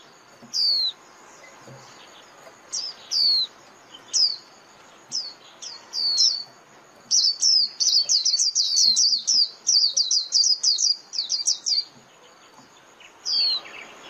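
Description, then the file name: White-eye calls: scattered high downslurred chirps, then a fast run of repeated thin notes from about seven to twelve seconds, ending with one more chirp. Lure call (mồi) used for trapping white-eyes. "Tieng khuyen moi"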